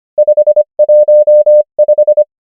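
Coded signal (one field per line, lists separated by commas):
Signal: Morse code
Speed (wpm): 25 wpm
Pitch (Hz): 600 Hz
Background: none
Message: 515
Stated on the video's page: Morse code practice of numbers at 25 wpm character speed and 23 wpm effective (Farnsworth) speed.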